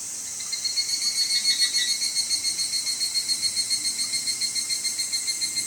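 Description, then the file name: Evening cicada calls with a high metallic trill pulsing in rapid regular beats, about three or four per second, swelling then gradually easing. "higurashi"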